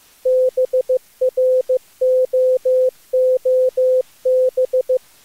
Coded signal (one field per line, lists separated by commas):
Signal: Morse code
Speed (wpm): 18 wpm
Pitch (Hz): 500 Hz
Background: none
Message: BROOB